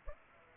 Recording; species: mosquito wingbeat signal from an infrared sensor; Aedes aegypti